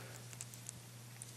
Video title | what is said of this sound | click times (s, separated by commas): Fansproject BACKFIERY(Kickback): EmGo's Transformers Reviews N' Stuff | in there it'll just all lock into place make sure it's flush | 0.4 s, 0.7 s